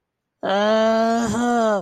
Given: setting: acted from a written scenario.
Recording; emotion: vocal sound without words; anger